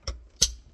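A Moen Birchfield kitchen faucet's pull-down spray hose, with its protective caps removed, has its plastic quick-connect fitting shoved into the faucet supply line coupling. A short first tap at 0.1 s is followed by a loud, sharp click at 0.4 s as the fitting clicks in and seats.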